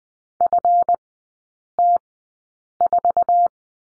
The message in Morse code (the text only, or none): FT4